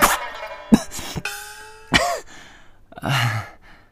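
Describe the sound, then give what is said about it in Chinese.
A burst of harsh, violent coughing from someone choking on saliva, several loud rasping hacks in an irregular rhythm with strained, wheezy breaths between them and a final ragged cough. “冬至冷不防被口水呛到， 剧烈的咳嗽起来。”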